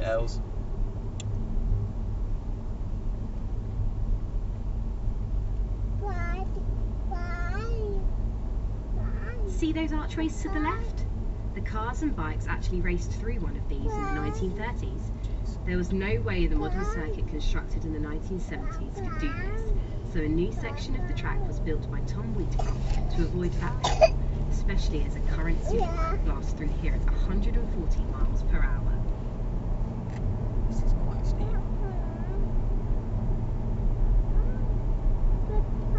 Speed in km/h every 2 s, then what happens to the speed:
34, 32, 32, 34, 34, 34, 34, 35, 37, 39, 42, 45, 50, 52, 53, 52, 52, 53.
0-13 steady at about 34. 13-25 speeds up to 52. 25-36 steady at about 52.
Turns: none.